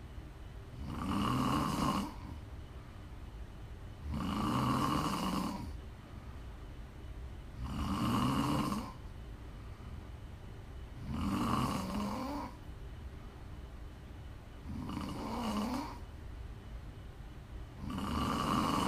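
Six loud, rumbling snores over nineteen seconds, about 18 a minute, from a sleeping adult woman, each followed by quiet breathing out; offered as ASMR snoring for relaxing or falling asleep.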